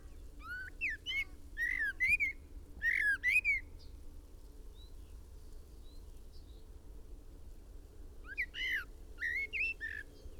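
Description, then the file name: Common blackbird sings out sets of sliding, whistled notes in the first four seconds and again after eight seconds, with faint higher chirps between. "Turdus merula"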